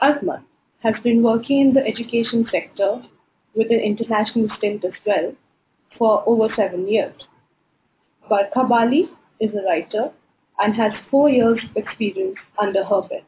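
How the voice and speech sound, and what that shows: One adult speaker with a mid-to-high pitched voice speaks in smooth, fluent phrases, with natural pauses between sentences and no repetitions, blocks or strained voicing. This is typical speech.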